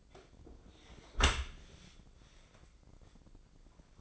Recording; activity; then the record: daily activity, microphone in the room; close dishwasher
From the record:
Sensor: 5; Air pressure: 1012.4 hPa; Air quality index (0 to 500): 156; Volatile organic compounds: 2 ppm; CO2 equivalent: 1062 ppm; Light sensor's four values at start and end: 100/242/102/114 and 103/247/104/118